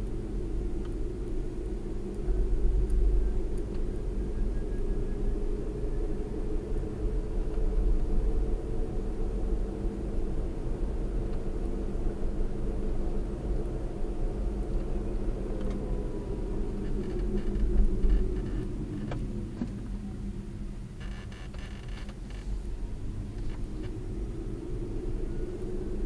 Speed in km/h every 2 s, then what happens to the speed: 40, 44, 45, 48, 50, 52, 50, 47, 37, 19, 19, 31, 40.
0-9 speeds up to 52. 13-18 brakes to 19. 20-26 speeds up to 40.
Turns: none.